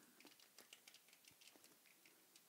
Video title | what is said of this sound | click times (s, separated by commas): Excellent Toys CR-M01 SD Prime Review | and that side till it clicks in | 0.7 s